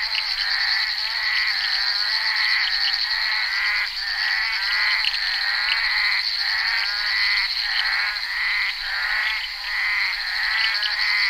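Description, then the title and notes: Bullfrogs chorusing with quick, repeated rasping croaks under a persistent high drone. Recorded during the filming of Henri Duparc's Bal poussière, February 1988. "crapaux buffle. enregistré sur le tournage Bal poussière dhenri duparc en février 1988"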